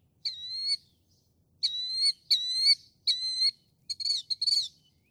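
Northern mockingbird song: clear whistled notes held level, repeated several times, ending with quicker broken chirps.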